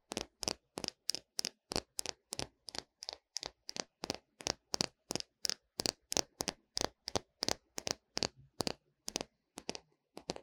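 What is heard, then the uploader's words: Sticky squelching strokes of an ear massage with petroleum jelly, repeating rapidly and evenly about three times per second. 凡士林耳朵按摩. Vaseline Ear massage Sounds | NoTalking.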